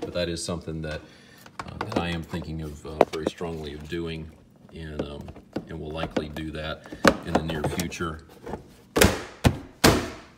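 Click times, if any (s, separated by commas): 9.0 s, 9.5 s, 9.9 s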